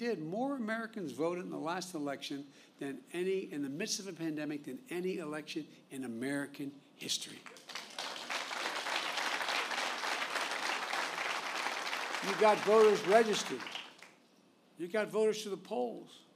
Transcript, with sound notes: More Americans voted in the last election than any—in the midst of a pandemic—than any election in American history. (Applause.) You got voters registered. You got voters to the polls.